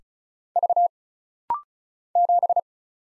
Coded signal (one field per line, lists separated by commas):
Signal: Morse code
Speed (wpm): 36 wpm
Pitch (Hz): 700 Hz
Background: none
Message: V 7